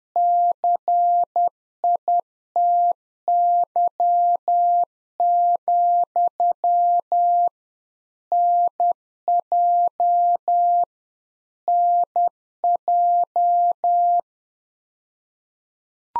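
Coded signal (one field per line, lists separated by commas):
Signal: Morse code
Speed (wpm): 10 wpm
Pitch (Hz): 700 Hz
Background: none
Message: CITY, NJ NJ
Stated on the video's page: Practice QSO drill at 10wpm, beginning segment with RST, QTH and name; each segment sent in Morse, spoken, then sent again.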